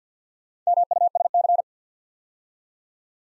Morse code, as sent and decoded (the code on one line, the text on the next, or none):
-- ..- ... -.-.
MUSC